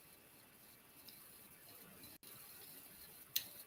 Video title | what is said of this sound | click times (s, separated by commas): How to Turn Your Beads into Jewellery Links | Oh, my jump ring made that little click when it was closed. | 3.4 s